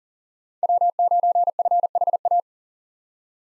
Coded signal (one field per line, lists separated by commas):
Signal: Morse code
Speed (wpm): 40 wpm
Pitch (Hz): 700 Hz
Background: none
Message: W9FHA